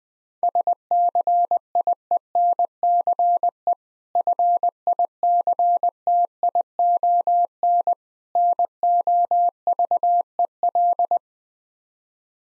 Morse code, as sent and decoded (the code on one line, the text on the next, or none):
... -.-. .. . -. -.-. . / ..-. .. -.-. - .. --- -. / -. --- ...- . .-..
SCIENCE FICTION NOVEL